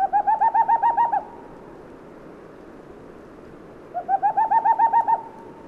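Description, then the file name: Boreal owl song: a quick run of about ten soft, hollow hoots, repeated after a pause of nearly three seconds. Recorded 19 May 2003 at Sonkajärvi, Central Finland. "Aegfun 20030519"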